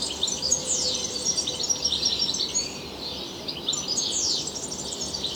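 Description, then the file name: European goldfinch twittering song, bright rapid chirps with sweeping downslurred notes in two bursts, over a constant background hiss. "Carduelis carduelis"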